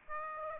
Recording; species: mosquito wingbeat signal from an infrared sensor; Aedes aegypti